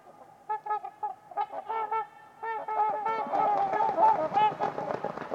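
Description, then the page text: Trumpeter swan flock honking, with spaced brassy notes at first building into a dense, overlapping chorus of many birds. Trumpeter swans at Winters Lake in a deep, silent valley, recorded on a winter evening. "Trumpeter Swans on a Winter's Eve. Wind Is the Original Radio. Nick-Mc Mahan Winters-Lake-with-Swan. A coveted silence drenches the deep valley. Winter at it’s finest"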